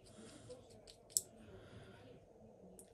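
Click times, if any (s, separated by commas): 1.2 s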